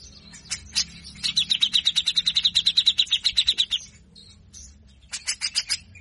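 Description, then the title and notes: Grey-cheeked bulbul song: a few sharp scratchy chips, then a quick run of high buzzy notes for over two seconds, a pause, and another short burst. Masteran training audio for songbirds; energetic (gacor) bird; song styles named besetan kasar, mbeset and ngepik. "MASTERAN CUCAK JENGGOT GACOR FULL BESETAN KASAR. Masteran cucak Jenggot gacor Mbeset Ngepik. Burung cucak jenggot"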